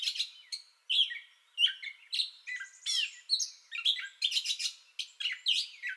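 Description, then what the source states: Gray catbird delivering a varied song of mewing slurs, clicks and squeaky chatter, phrases following each other with only short gaps. Entire song bout, 30 May 2021.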